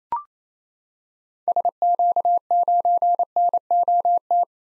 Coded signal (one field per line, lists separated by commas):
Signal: Morse code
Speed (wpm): 28 wpm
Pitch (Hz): 700 Hz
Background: none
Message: SQ9NOT